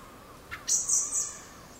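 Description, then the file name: Common blackbird calling with three thin, high, sibilant notes in quick succession, preceded by a soft short click, against a low steady background hiss. "Turdus merula"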